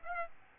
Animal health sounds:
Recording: mosquito wingbeat signal from an infrared sensor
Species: Aedes albopictus

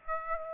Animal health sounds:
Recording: mosquito wingbeat signal from an infrared sensor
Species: Aedes aegypti

